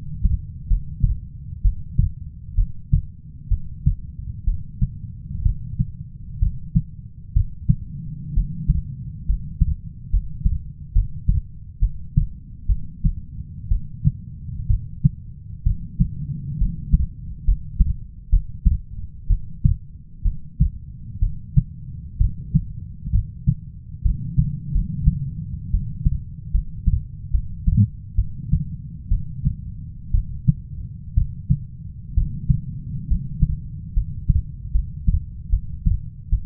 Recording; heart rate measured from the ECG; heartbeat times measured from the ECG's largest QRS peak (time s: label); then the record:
heart sounds by stethoscope; 66 bpm
0.68 s: heartbeat
1.62 s: heartbeat
2.55 s: heartbeat
3.49 s: heartbeat
4.45 s: heartbeat
5.43 s: heartbeat
6.40 s: heartbeat
7.34 s: heartbeat
8.34 s: heartbeat
9.26 s: heartbeat
10.10 s: heartbeat
10.93 s: heartbeat
11.79 s: heartbeat
12.67 s: heartbeat
13.69 s: heartbeat
14.68 s: heartbeat
15.64 s: heartbeat
16.58 s: heartbeat
17.45 s: heartbeat
18.30 s: heartbeat
19.27 s: heartbeat
20.23 s: heartbeat
21.20 s: heartbeat
22.18 s: heartbeat
23.12 s: heartbeat
24.03 s: heartbeat
24.72 s: heartbeat
25.71 s: heartbeat
26.52 s: heartbeat
27.31 s: heartbeat
28.16 s: heartbeat
29.09 s: heartbeat
30.12 s: heartbeat
31.15 s: heartbeat
32.15 s: heartbeat
33.08 s: heartbeat
33.94 s: heartbeat
34.72 s: heartbeat
35.50 s: heartbeat
36.30 s: heartbeat
From the record:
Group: healthy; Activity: rest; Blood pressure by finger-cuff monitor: 141/66 mmHg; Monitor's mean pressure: 90 mmHg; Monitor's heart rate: 64 bpm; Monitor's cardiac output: 6.4 L/min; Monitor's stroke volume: 97 mL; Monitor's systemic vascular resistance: 1020 dyn s/cm5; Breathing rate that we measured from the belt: 7 breaths a minute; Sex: female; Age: 37 years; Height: 168 cm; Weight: 70 kg